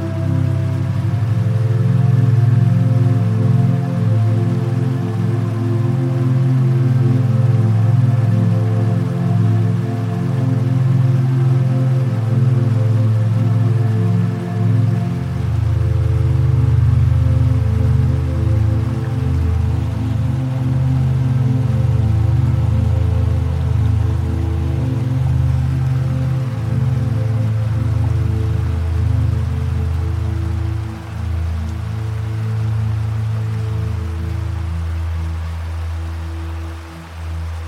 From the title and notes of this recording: Relaxing Music, River Flowing & Waterfall Sounds. The gentle melodies of relaxing music blend with the captivating symphony of a majestic waterfall and flowing river.